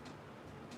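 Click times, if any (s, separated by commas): none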